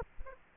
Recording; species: mosquito wingbeat signal from an infrared sensor; Aedes aegypti